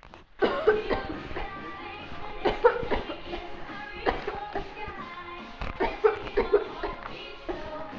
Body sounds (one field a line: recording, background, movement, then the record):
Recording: voluntary coughing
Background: music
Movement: walking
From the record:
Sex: female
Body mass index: 18.8 kg/m2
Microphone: on the chest, facing outward